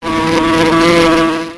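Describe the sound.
Wasp buzzing in a steady, low droning hum that holds an even pitch and loudness for under two seconds before fading out.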